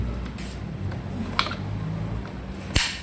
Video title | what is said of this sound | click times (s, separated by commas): Sunday service day // brake shoes change and clutch adjustment in detail // teluguvlogs #automobile | ఆ sound మీరు వినొచ్చు, click sound. | 1.4 s, 2.8 s